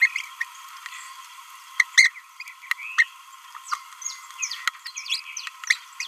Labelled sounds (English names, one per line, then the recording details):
Green-rumped Parrotlet babbling
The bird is a female
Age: 26 days
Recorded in a nest box in Venezuela
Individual 17B31A3